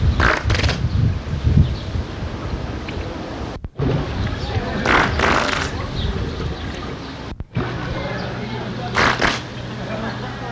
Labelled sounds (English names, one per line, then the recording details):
Harbor Seal
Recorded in captivity
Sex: male
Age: adult
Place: Zoo Berlin, Berlin, DE
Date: 1985-08-01 10:14
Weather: overcast, 17°C
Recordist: Tembrock, Günter